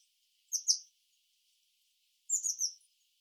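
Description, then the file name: Eurasian blue tit calls: two short clusters of very high, thin, slurred notes, the first a quick pair, the second a rapid run of three or four notes. "Cyanistes caeruleus"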